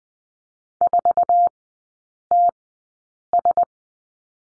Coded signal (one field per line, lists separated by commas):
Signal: Morse code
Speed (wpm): 20 wpm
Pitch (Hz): 700 Hz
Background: none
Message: 4TS